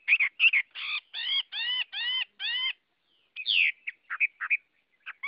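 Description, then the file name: Chinese hwamei song of several repeated rich, slurred notes, then a pause and a scatter of varied chips and whistles. Hwamei singing in the 'giọng rừng' (forest voice) song style. "Tieng hoa mi hot giong rung"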